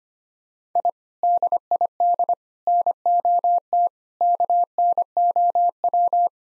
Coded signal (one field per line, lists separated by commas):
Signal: Morse code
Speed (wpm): 25 wpm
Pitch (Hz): 700 Hz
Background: none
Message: I DID NOT KNOW